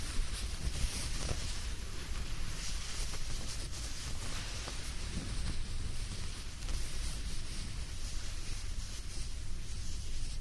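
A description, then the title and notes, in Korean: Soft blanket fabric rustles and slides in a steady, dense hiss, with faint scratchy crinkles over a constant low rumble throughout. 스르륵 이불 소리. 잘 말린 이불 속에서 사각사각.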